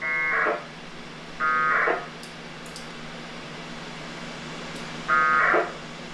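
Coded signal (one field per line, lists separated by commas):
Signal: packet radio (AX.25, as in APRS)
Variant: 1200 baud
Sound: three short raspy data bursts, each about half a second, separated by background hiss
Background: radio static, low hum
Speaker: a lot a message in Mike you ready to go out we're disconnected and our message is sent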